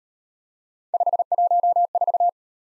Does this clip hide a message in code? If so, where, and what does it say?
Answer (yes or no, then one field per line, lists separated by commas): yes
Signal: Morse code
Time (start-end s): 0.9-2.3 s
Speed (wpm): 34 wpm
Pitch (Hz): 700 Hz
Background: none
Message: 514